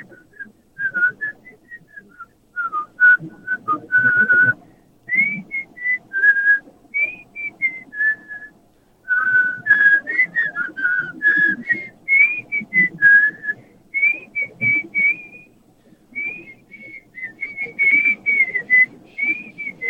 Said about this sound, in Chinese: 口哨好高哦！ 他口哨很高，起 key 就比较高了。 怎么可以吹到这么高？好强哦！